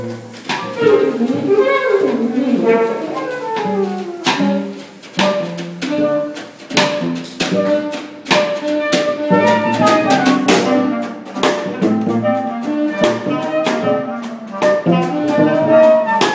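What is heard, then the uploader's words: Sounds at Tacheles: a continuous mix of voices and tuned, melodic tones echoing. Sharp knocks and clicks cut through every second or so, and the level stays fairly full, with brief dips near five and eight seconds. Sounds at Tacheles.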